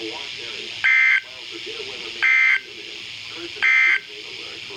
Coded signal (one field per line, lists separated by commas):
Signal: Emergency Alert System (SAME) tones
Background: speech